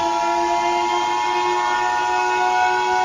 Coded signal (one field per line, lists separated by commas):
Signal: Emergency Alert System (SAME) tones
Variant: 853 and 960 Hz attention tone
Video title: The Omega Outbreak (Tornado EAS Scenario) [REUPLOAD]